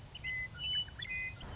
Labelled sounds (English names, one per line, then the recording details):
Western Meadowlark
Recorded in Sonoma County, California